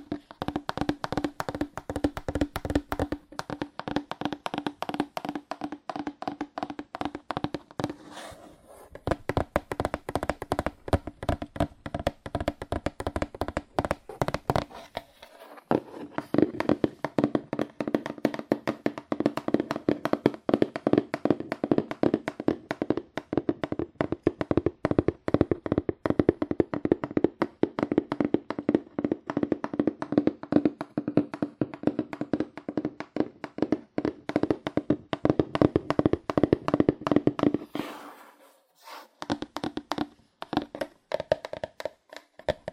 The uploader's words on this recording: ASMR Fast Aggressive Cardboard Tapping (No Talking).